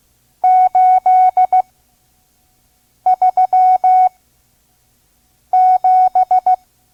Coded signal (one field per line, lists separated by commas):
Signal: Morse code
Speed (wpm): 16 wpm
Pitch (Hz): 740 Hz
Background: none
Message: 837